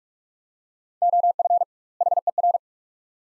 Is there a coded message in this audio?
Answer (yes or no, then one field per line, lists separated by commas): yes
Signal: Morse code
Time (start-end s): 1.0-2.6 s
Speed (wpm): 46 wpm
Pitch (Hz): 700 Hz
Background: none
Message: OF HER